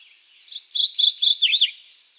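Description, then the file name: Mourning Warbler song: a quick burst of paired, chirpy high notes repeated several times, then dropping to a few lower slurred notes at the end. "Geothlypis philadelphia - Mourning Warbler"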